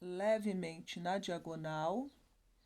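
While sewing a laptop bag, the second end of the zipper tape is pushed slightly diagonally into the zipper slider so the teeth can engage. Someone talks throughout, and no distinct click stands out. Nothing has seated or clicked yet.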